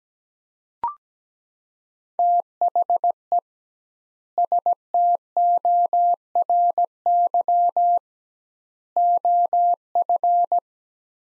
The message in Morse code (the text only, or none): THE STORY OF